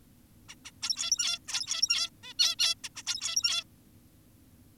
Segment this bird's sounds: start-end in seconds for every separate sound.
0.49-0.55, 0.65-0.71, 0.82-1.39, 1.48-2.10, 2.24-2.34, 2.39-2.56, 2.59-2.75, 2.84-2.89, 2.96-3.03, 3.07-3.64